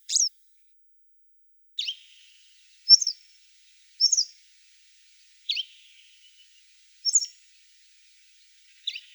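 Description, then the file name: Western yellow wagtail uttering brief, thin, high 'tsree'-like notes, about seven single calls irregularly spaced over several seconds. "Motacilla flava"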